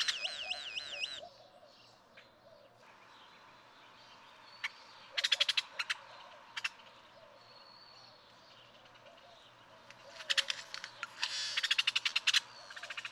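Great-tailed grackle song: a wavering, warbled whistle at first, then isolated crisp clicks and later bursts of rapid, harsh rattling notes.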